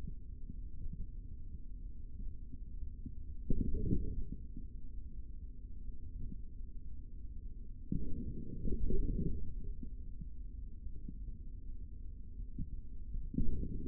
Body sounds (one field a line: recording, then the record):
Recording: forearm muscle sounds (acoustic myography)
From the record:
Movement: forearm pronation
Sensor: system 3, bracelet of six PUI Audio POM-2738L microphones around the upper forearm, with dedicated amplification and filtering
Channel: 6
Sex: male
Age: 25 years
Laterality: right